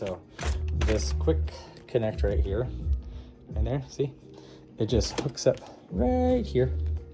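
An oxygen tube's quick-connect fitting is handled near its oxygen port on a hyperbaric chamber setup while someone talks over a steady low hum. The fitting has not seated or clicked yet.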